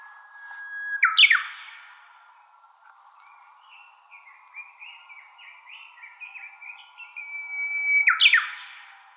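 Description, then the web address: Japanese bush warbler song. A held whistle breaks into a sharp, loud burst. A run of rippling notes follows, then the whistle-and-burst phrase comes again near the end. Recorded 22 April 2013. "birdenaga uguisu S 130422"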